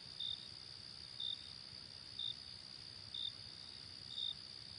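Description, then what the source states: Cricket with evenly spaced short high chirps, about one each second, and a steady shrill background hum. Night ambience.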